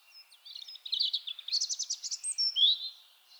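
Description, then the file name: European robin singing soft thin notes that swell into a bright rapid trill of repeated notes, then a clear slurred whistle that trails away. "Erithacus rubecula"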